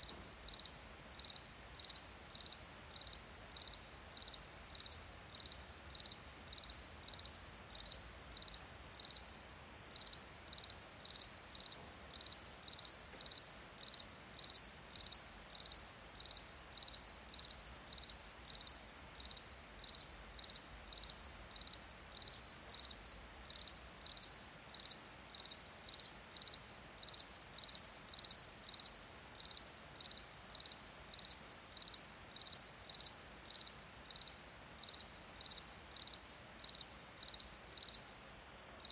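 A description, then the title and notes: A night insect, likely a cricket, chirps in a fast, regular pulse throughout, its high, thin trill repeating about twice a second with barely a pause. Behind it lies a faint, steady low hush of open night air; no bird calls stand out. Nightime sounds, Rugova Mountains. As nighttime blankets the majestic Rugova Mountains in Kosovo, the symphony of sounds crescendos into a mesmerizing cacophony.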